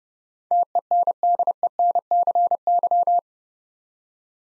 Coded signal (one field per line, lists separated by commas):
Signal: Morse code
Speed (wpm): 30 wpm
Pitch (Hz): 700 Hz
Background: none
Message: TENDENCY